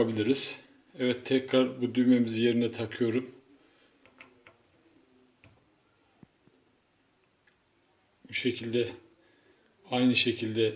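A plastic stove control knob is handled and lined up on a cooktop valve shaft again before being pressed home, giving only faint ticks between about 4.1 and 7.5 seconds. Someone talks before and after. Nothing has seated or clicked yet.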